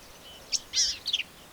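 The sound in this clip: Black-capped vireo, a single quick phrase: a sharp chip, a harsh buzzy note, then a few rapid twitters.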